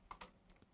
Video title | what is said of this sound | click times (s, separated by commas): 8-5 Threading your machine - Bernina 802 Sewing Machine | onto that post that's in there you should hear it click as the bottom case goes into place | 0.1 s